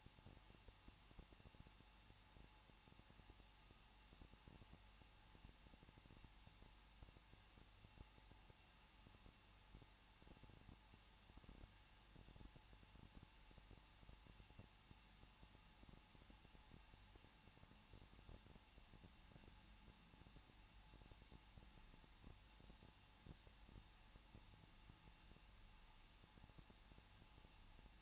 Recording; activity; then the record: daily activity, microphone in the room; no activity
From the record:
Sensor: 1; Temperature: 20.1 degrees Celsius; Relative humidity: 39.2%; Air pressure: 1006.3 hPa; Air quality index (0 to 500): 218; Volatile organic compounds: 77 ppm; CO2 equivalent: 3584 ppm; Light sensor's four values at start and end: 1/2/1/1 and 1/2/1/1